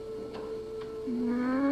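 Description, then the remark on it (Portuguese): A polar bear cub crying out in a thin, drawn-out whine that holds one pitch, then drops lower and grows louder, with two faint clicks early on and no voices. “Espere. O que foi isso? Vem! É um filhote de urso polar.”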